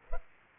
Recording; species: mosquito wingbeat signal from an infrared sensor; Culex pipiens